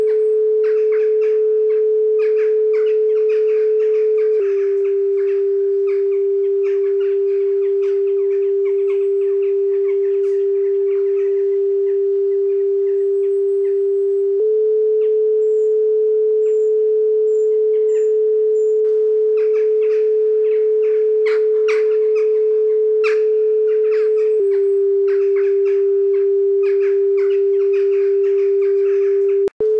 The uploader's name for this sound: 432hz & 396hz